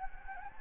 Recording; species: mosquito wingbeat signal from an infrared sensor; Anopheles gambiae